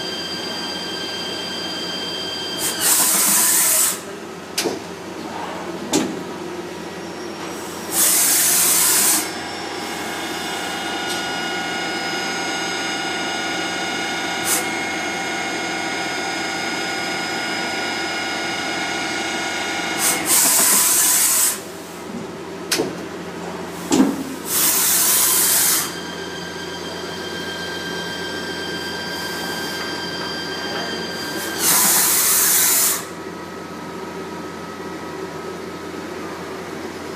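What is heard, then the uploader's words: A turn mill center runs steadily with a low machine hum and a set of sustained whining tones. Loud hissing bursts, like air or coolant spray, cut in roughly every few seconds, near 3, 8, 20, 25 and 32 seconds, with scattered clicks between. PTFE Nozzle - Turn Mill Center - Poly Fluoro Ltd.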